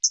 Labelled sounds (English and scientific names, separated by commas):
Hooded Warbler (Setophaga citrina) flight call